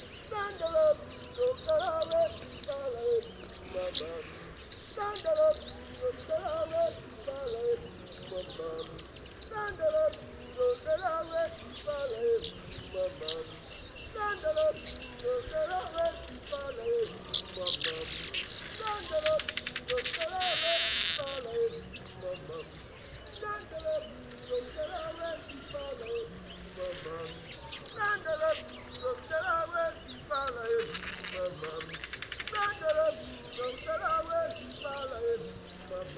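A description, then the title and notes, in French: Birds sing in a jumbled, scratchy chorus, dense chirps overlapping constantly, with bright hissing bursts around eighteen to twenty-one seconds and near thirty-one. Île de Sao tomé- Nagra seven - Telinga pro7. L'homme qui passe et qui inlassablement lance sa phrase modulée et les oiseaux aux chants brouillons et chiffonnés.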